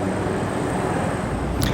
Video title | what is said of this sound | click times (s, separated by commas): 2022 ROLLS-ROYCE GHOST BLACK BADGE - Close-Up Look at the Engine, Trunk, Umbrellas | right in there like that and you always push it until it clicks or else it'll dent the car | 1.6 s